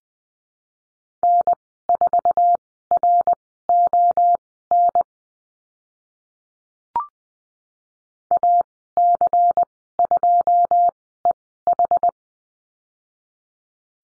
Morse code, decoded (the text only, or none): N4RON AC2EH